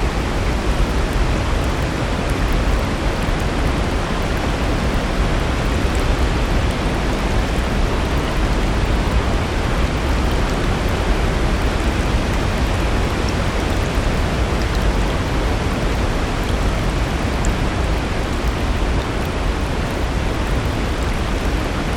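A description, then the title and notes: A distant waterfall makes a dense, unbroken rush that holds a constant level from start to finish. The roar is heaviest in the low end, a deep soft wash with no distinct splashes or changes, only a few faint high ticks scattered through. DISTANT WATERFALL • A Natural Source of Brown Noise.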